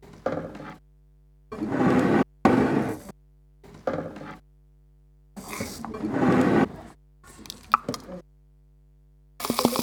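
A rain stick being tilted: several bursts of dry, trickling rattles, each about a second long and separated by brief silences, with a faint steady hum underneath.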